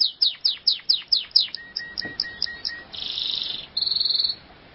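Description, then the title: Canary song opening with a quick series of loud downward-sweeping whistles, then a thin steady trill and two buzzy high rolls. "Kenari"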